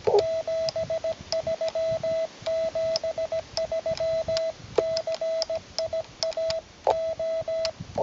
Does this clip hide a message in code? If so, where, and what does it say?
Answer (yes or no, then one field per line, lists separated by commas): yes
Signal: Morse code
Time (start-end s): 0.2-7.7 s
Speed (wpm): 17 wpm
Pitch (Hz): 650 Hz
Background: radio noise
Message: 73 73 CIAO